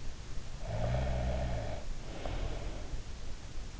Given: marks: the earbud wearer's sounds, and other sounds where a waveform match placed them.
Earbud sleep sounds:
sounds in sleep by an in-ear microphone; snoring breath
0.62-3.03 s: snoring breath

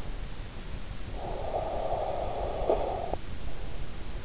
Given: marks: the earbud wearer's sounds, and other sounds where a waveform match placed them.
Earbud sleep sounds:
sounds in sleep by an in-ear microphone; breath
0.77-3.44 s: breath

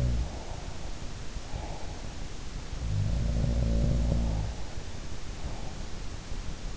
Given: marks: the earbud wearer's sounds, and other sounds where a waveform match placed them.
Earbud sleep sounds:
sounds in sleep by an in-ear microphone; breath
0.00-2.38 s: sound from someone else or the room
0.00-2.38 s: breath
2.71-6.08 s: sound from someone else or the room
3.97-6.08 s: breath

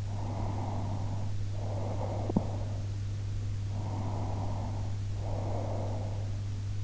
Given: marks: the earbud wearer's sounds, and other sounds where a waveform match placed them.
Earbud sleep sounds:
sounds in sleep by an in-ear microphone; breath
0.09-2.93 s: breath
3.85-6.23 s: breath

